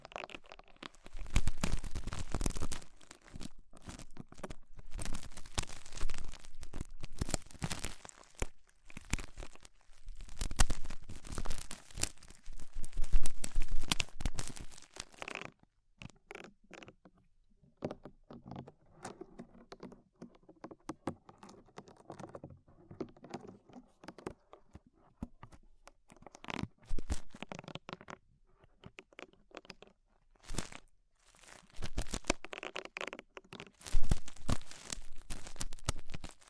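Ear cleaning sounds with rhinestones and clay being pulled away: dense bursts of crackling, crinkling and sticky tearing fill the first fifteen seconds. A quieter stretch of soft rubbing and scraping follows, then sharp crackly clusters return from about 26 seconds to the end.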